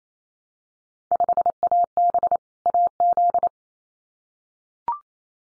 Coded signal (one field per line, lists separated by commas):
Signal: Morse code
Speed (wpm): 28 wpm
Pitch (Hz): 700 Hz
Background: none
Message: 5AB AZ